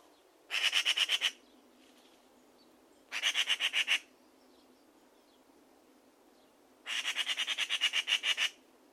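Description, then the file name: Eurasian magpie giving a dry, rattling chatter in three bursts of quick harsh pulses, the last one longest, with soft hiss between bursts. "Pica pica"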